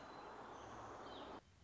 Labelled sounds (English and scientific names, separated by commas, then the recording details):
Song Sparrow (Melospiza melodia)
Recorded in Sonoma County, California